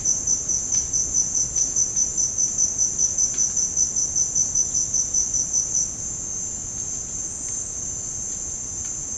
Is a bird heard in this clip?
no